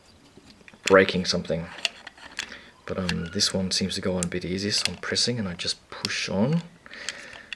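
Someone talks while pressing hard on a plastic vehicle part of a Miracle Production MA-01 Vehicle Voltron Dairugger combining robot, trying to push it into its socket on the robot body, with a few faint sharp ticks heard between the words. The part does not go in, and nothing has seated or clicked yet.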